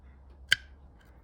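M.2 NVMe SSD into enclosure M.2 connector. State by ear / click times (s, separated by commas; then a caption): seated / 0.5 s. An M.2 NVMe SSD, a Samsung 990 PRO PCIe 4.0 2TB, is pushed into the M.2 connector of an external enclosure. A single sharp click sounds at 0.5 s against a quiet background. The drive is seated, confirmed because no gold contacts remain visible.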